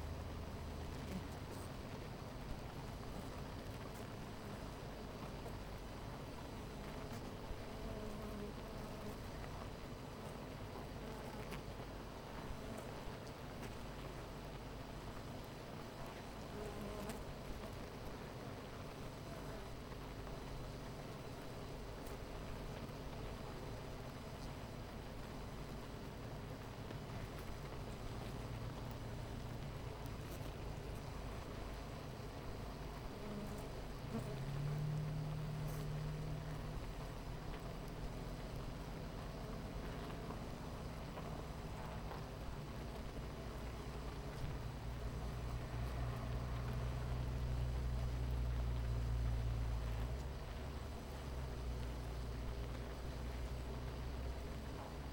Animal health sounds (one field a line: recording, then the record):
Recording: honeybee colony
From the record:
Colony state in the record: missing queen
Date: 14 July 2017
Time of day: 9:30